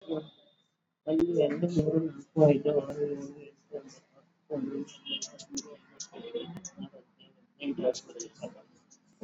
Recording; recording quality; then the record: counting at a normal pace; poor, much background noise or distortion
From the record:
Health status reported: exposed to COVID-19, no respiratory illness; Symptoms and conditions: cough, cold, fever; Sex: female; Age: 55 years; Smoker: no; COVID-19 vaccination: both doses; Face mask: worn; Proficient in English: yes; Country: India